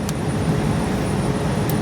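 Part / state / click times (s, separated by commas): click-type torque wrench on oil filter drain valve bolt / torque reached / 0.1 s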